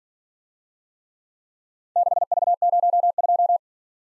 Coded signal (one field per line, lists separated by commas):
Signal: Morse code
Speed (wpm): 46 wpm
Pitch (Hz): 700 Hz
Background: none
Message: 6V02